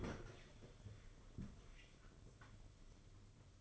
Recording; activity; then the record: daily activity, microphone in the room; open fridge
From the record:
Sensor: 4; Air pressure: 995.2 hPa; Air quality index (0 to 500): 210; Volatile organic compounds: 220 ppm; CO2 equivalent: 4276 ppm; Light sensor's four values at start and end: 32/100/37/41 and 31/99/37/41